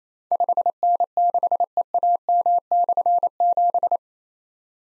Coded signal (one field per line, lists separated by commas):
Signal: Morse code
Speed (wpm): 28 wpm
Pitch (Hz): 700 Hz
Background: none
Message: 5N6EAM/7